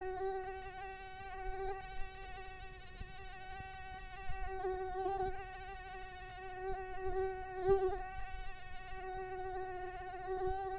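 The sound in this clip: Mosquito buzz: a steady, thin whine with a ringing tone, wavering slightly in loudness and pitch throughout, over a faint low hum.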